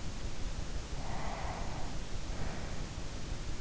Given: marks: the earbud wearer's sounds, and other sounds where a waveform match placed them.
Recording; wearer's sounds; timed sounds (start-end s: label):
sounds in sleep by an in-ear microphone; breath
0.97-3.46 s: breath